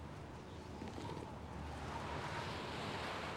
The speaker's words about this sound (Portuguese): Pessoal, temos que tirar esse garoto do vento.